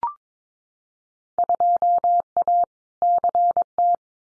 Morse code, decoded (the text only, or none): 2A CT